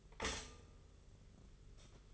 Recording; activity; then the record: daily activity, microphone in the room; stop toaster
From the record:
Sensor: 4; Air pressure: 991.5 hPa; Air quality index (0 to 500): 136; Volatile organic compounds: 54 ppm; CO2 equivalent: 3343 ppm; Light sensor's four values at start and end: 18/57/21/21 and 18/59/22/22